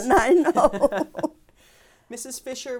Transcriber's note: she laughs